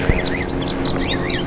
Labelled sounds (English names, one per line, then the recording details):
House Finch song
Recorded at Moriches on Long Island, New York, on 22 June 2013
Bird E